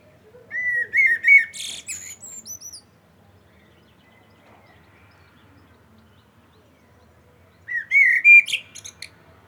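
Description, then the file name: Common blackbird song: two phrases of low, mellow fluted whistles, each ending in high squeaky twittering, with about five seconds of quiet between them. "Turdus merula"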